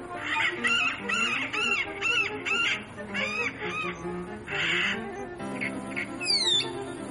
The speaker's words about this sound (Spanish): Y volvemos acá al aire del Hudson con los trinos de los pájaros. Ahora en verano están escuchando distintos tipos, distintas variedades de pajaritos.